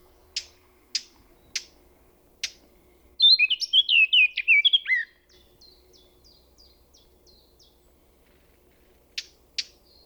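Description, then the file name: Eurasian blackcap giving hard, clicking tac calls spaced well under a second apart, then a brief burst of rich, fluty warbling, softer notes, and two more tac clicks. "Sylvia atricapilla"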